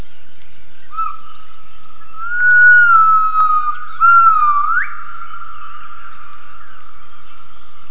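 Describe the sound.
Gibbon call: sustained clear hooting notes that swell, then sweep sharply upward in a rising whoop. A steady high insect drone continues throughout.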